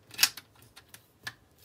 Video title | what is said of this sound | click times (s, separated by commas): LEGO Star Wars 2019 Set 75256 Kylo Ren’s Shuttle Review! | this one you twist to the right lock in place | 0.2 s